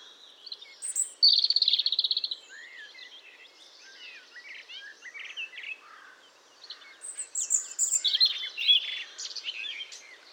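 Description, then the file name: European robin song: high, varied phrases with a short bright trill, slurred whistles and thin notes, repeating after a pause, with a steady background hiss. "Erithacus rubecula"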